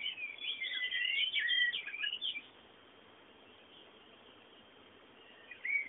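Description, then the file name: Bird song: a tangled burst of many overlapping chirps and whistles for about two seconds, then quiet hiss, then one more brief phrase at the end. Background birdsong. "fondo pajaros"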